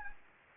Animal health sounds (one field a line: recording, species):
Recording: mosquito wingbeat signal from an infrared sensor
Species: Anopheles gambiae